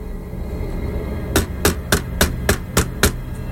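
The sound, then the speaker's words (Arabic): Seven sharp, evenly spaced knocks on the door of an abandoned one-storey house in a steady rhythm, each a hard wooden thud, following a quiet stretch of low background hum. “بدأت أسمع خبط على الباب، وبعدها خبط على الشباك.”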